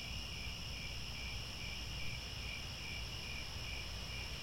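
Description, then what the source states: Crickets in a steady high-pitched chorus, trills overlapping without pause, over low rumbling background noise. Chorus of crickets chirping at twilight as the sun sets, with stars overhead.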